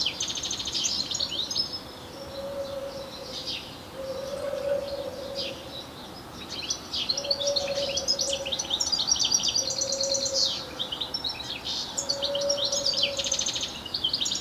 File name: Carduelis carduelis